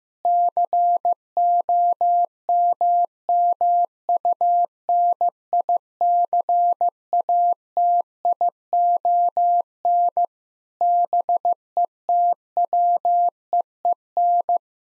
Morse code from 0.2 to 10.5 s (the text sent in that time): COMMUNICATION